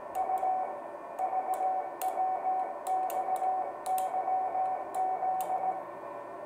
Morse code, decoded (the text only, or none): U VWXYZ